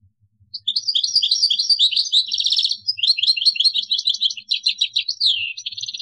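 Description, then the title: European goldfinch song, a long, fast run of tinkling twitters, trills and buzzy notes running almost continuously for over five seconds. "Chant Chardonneret"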